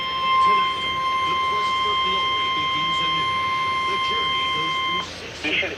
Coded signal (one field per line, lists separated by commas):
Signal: Emergency Alert System (SAME) tones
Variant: 1050 Hz attention tone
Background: speech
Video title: EAS #92 - Tornado Watch